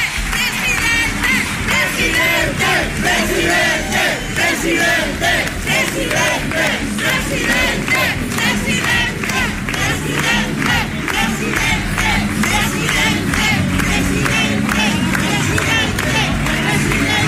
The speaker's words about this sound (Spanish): Entra Ozcón ahí en el Hotel Reina Petronila. Qué bien que nos escuchan todos. Ahí escuchamos los gritos en que se recibe recibimiento multitudinario a Jorge Ozcón.